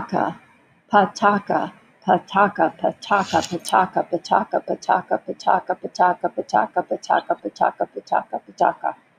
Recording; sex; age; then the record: repeated syllables /pa ta ka/; female; 70 to 79 years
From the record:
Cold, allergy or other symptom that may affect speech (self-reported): no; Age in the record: 75 years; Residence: Texas, United States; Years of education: 15